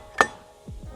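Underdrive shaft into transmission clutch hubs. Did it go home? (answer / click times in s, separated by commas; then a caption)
yes / 0.2 s. During a 68RFE transmission build, a steel input/underdrive shaft is pushed down through the overdrive clutch pack and into the underdrive clutches. A single sharp metal click rings out at 0.2 s, followed by low, quiet rumbling. The shaft is seated properly, having clicked home through the clutch pack.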